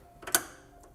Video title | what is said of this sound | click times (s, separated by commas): 160433 Setup | snap into place snap | 0.3 s